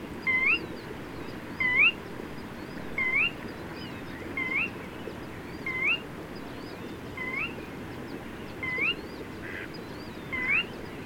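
Bird song: a short rising whistle repeated about every 1.4 seconds, with fainter higher chirps and a steady background hiss.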